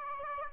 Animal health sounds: mosquito wingbeat signal from an infrared sensor; Aedes aegypti

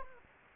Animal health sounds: mosquito wingbeat signal from an infrared sensor; Anopheles gambiae

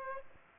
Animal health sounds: mosquito wingbeat signal from an infrared sensor; Aedes aegypti

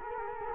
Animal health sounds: mosquito wingbeat signal from an infrared sensor; Culex quinquefasciatus

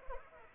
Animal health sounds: mosquito wingbeat signal from an infrared sensor; Anopheles arabiensis

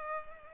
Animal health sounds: mosquito wingbeat signal from an infrared sensor; Culex pipiens

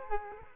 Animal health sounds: mosquito wingbeat signal from an infrared sensor; Culex quinquefasciatus

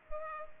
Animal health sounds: mosquito wingbeat signal from an infrared sensor; Culex pipiens

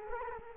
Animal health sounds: mosquito wingbeat signal from an infrared sensor; Culex quinquefasciatus

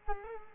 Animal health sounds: mosquito wingbeat signal from an infrared sensor; Culex quinquefasciatus

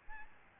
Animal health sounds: mosquito wingbeat signal from an infrared sensor; Aedes albopictus

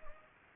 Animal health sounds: mosquito wingbeat signal from an infrared sensor; Anopheles gambiae

